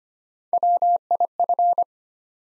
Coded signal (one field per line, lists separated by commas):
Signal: Morse code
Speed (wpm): 25 wpm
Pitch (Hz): 700 Hz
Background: none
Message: WIF